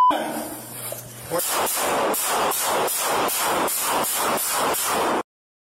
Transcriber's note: gun firing